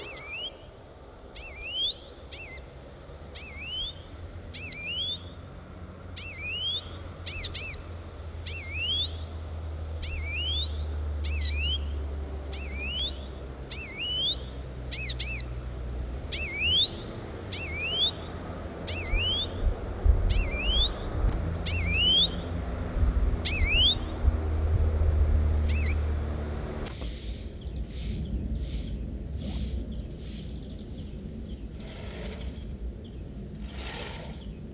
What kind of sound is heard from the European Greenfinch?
call